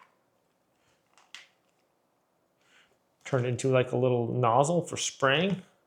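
A small, round, stiff-bristle plastic brush attachment for a UWANT Y100 steam carpet cleaner is turned and fitted onto the hose nozzle. There are faint, brief handling taps near 1.2 and 1.3 seconds, then someone talks. Nothing has seated or clicked yet.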